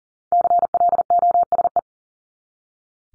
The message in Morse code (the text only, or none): CLOSE